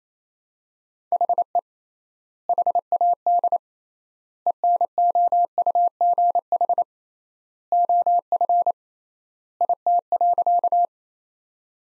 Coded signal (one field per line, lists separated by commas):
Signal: Morse code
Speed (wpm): 28 wpm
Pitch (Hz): 700 Hz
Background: none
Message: HE HAD ENOUGH OF IT.